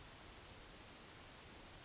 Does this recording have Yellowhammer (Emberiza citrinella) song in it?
no